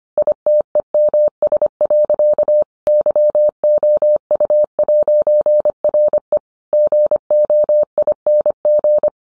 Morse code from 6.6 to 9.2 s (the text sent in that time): GOING